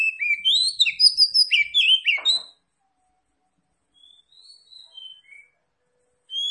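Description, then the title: Oriental magpie-robin song: a loud, rapid burst of varied whistles and chirps, then quiet, soft whistled notes, and a brief loud note at the end. Tretes; singing vigorously (gacor). "Kacer Tretes Gacor"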